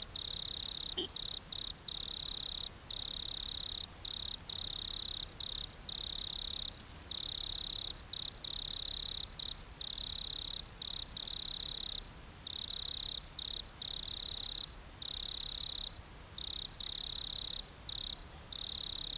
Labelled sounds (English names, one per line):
Wood Cricket stridulation